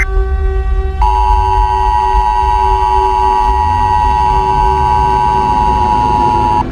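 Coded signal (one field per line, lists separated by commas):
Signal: Emergency Alert System (SAME) tones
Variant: 853 and 960 Hz attention tone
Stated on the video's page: Simulated nuclear attack alert screen test that may contain valid or invalid tones.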